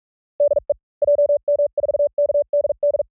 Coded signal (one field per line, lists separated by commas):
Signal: Morse code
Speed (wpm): 44 wpm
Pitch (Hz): 580 Hz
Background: none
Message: DE JM4KDD